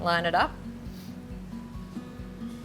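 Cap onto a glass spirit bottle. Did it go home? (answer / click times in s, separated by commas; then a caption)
no / none. Someone lines up the notch on a cap with the mark on a glass spirit bottle before pushing the cap down. Someone talks briefly at the start, then only soft background sound with faint steady tones continues. Nothing has clicked or seated yet.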